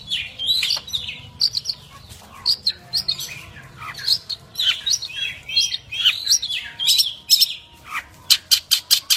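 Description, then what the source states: Long-tailed shrike song, a varied chattering stream of high chirps and squawky notes, ending in a run of sharp repeated clicks. Champion songbird.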